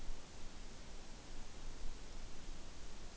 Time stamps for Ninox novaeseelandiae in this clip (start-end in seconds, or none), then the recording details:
none. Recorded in New Zealand on 29 April 2014. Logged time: 02:19. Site Ponui